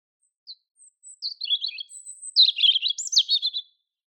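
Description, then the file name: European robin song: thin high notes opening into a run of rapid, tumbling warbled trills, louder in its second half; no other sounds. "Erithacus rubecula"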